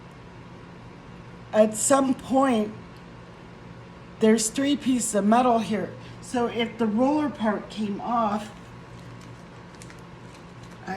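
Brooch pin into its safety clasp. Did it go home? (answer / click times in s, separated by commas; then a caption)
yes / 9.8 s, 9.9 s. A vintage brooch's metal pin is pushed into its safety catch, which closes with a soft snap at 9.8 and 9.9 seconds, after someone talks. The pin is seated and secure in the clasp.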